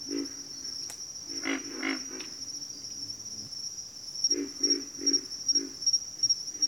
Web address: Echoes of Nature - Bayou Pig Frogs